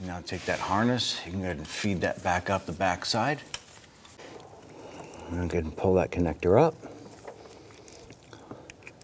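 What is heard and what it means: On a 2004–2008 Acura TL, the rear downstream oxygen sensor harness is fed back up the back side and its connector is pulled up and lined up with the vehicle wiring connector, while someone talks. Faint rubbing and a few small ticks of handling follow. Nothing has seated or clicked yet.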